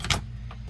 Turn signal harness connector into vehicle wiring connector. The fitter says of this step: find the connector that goes to. Make sure it clicks.